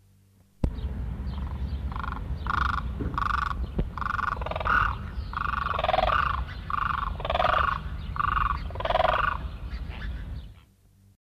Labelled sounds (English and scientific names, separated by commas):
Demoiselle Crane (Grus virgo) call